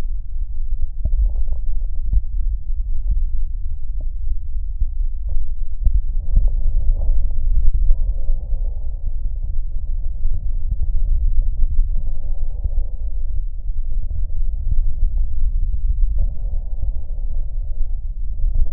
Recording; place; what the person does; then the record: lung sounds by stethoscope; left anterior apical chest; quiet breathing, then deep breathing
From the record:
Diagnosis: COPD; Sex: male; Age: 77 years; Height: 164 cm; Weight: 58.2 kg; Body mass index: 21.6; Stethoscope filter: extended mode